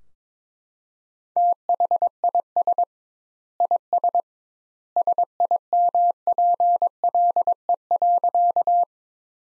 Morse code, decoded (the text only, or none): THIS IS SIMPLE.